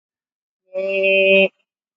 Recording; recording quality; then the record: sustained vowel as in made; excellent, no background noise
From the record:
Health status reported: COVID-19 positive, mild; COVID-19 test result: positive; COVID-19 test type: RT-PCR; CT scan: taken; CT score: 5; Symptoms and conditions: fatigue, muscle pain, hypertension, diabetes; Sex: female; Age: 65 years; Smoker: no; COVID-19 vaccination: one dose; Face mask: not worn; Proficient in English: yes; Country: India